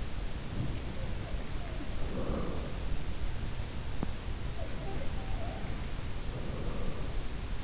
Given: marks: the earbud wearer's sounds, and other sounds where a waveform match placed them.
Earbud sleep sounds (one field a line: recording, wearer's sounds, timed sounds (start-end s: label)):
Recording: sounds in sleep by an in-ear microphone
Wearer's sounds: breath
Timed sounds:
0.37-2.99 s: sound from someone else or the room
0.37-2.99 s: breath
4.32-7.63 s: breath
4.56-5.77 s: sound from someone else or the room